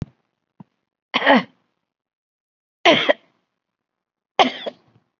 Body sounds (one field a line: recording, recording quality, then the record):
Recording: shallow voluntary cough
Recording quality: excellent, no background noise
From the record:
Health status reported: COVID-19 positive, mild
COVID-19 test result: positive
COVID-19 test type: RT-PCR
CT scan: not taken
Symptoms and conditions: none ticked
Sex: female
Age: 74 years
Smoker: no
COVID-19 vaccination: both doses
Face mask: not worn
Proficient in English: no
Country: India